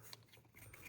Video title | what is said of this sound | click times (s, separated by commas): 2019 Chevy Traverse P0496 Code – EVAP System Diagnosis & Fix! | Push it down, you hear that click, it went right in. | 0.1 s